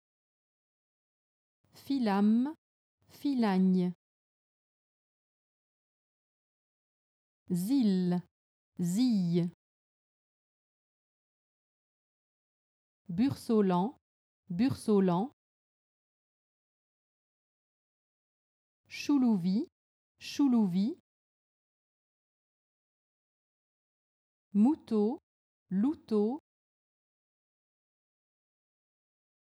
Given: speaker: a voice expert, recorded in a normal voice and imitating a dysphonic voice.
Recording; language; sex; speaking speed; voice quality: pseudo-word pairs; French; female; normal speed; normal voice